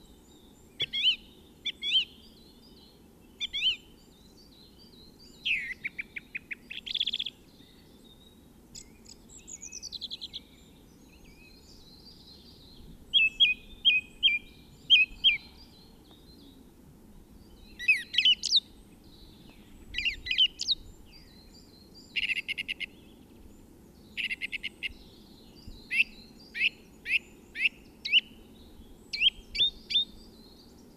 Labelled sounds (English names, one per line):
Song Thrush song